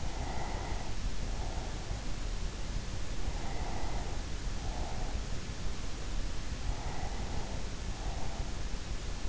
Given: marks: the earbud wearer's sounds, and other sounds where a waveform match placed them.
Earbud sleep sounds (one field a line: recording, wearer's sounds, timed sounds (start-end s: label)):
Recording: sounds in sleep by an in-ear microphone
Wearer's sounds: breath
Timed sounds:
0.00-2.23 s: breath
3.40-5.34 s: breath
6.60-8.97 s: breath